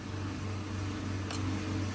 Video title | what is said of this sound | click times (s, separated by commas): In Just 3 Days, I Did What My Mechanic Couldn't Finish In 3 YEARS - 3000gt VR4 Revival Begins | right there till it clicks. | 1.4 s